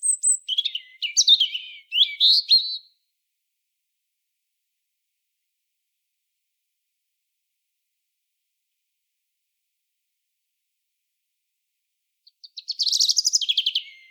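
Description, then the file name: European robin singing two short high warbling bursts of thin, rapid notes separated by a long silent gap. "Erithacus rubecula"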